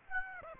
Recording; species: mosquito wingbeat signal from an infrared sensor; Aedes aegypti